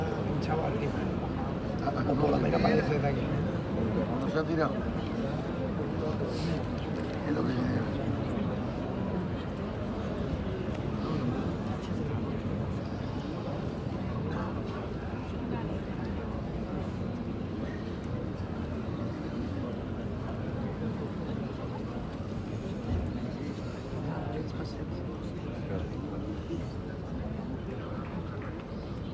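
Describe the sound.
A crowd at a bullfight in a large arena: a dense, steady murmur of many voices blending into a low, warm rumble. The level holds nearly constant for the whole stretch, with slight swells near the start and again around twenty-three seconds.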